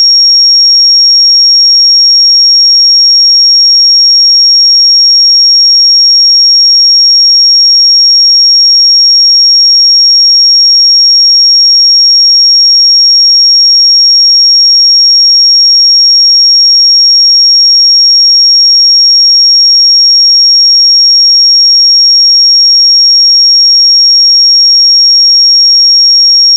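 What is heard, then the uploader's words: A pure sine tone at 5571 Hz sounds without a break for the full length, high and piercing. Its pitch and loudness stay perfectly level from start to finish, with no other sounds or background noise. 5571 Hz 1 Hz Interval Sine Pure Tone Frequency 441000 Sample Mono.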